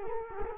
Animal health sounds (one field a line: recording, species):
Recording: mosquito wingbeat signal from an infrared sensor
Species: Culex quinquefasciatus